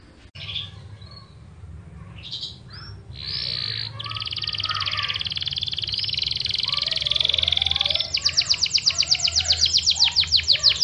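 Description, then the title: Yorkshire canary song rising from a faint muddled start into buzzy sustained notes and a rapid trill, over steady background noise. Yorkshire canary singing a long, vigorous song (gacor). "Suara Burung Kenari Yorkshire Gacor Kicau Panjang"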